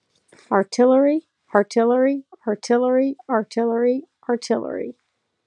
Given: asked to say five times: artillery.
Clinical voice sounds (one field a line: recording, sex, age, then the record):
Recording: repeated word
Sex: female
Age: 30 to 39 years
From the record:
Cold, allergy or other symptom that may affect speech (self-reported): no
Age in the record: 36 years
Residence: Tennessee, United States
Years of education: 19